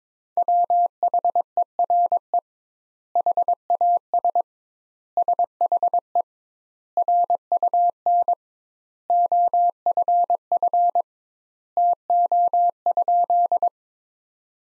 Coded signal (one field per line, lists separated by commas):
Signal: Morse code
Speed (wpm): 21 wpm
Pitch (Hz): 700 Hz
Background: none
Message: WHERE HAS SHE RUN OFF TO?